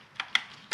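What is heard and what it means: A wiring harness connector on a 2002 Chevy Corvette is pushed onto the engine coolant temperature sensor low on the engine. Three short, sharp clicks sound at about 0.2, 0.35 and 0.7 seconds over a quiet background. The connector seats with the click at 0.35 seconds.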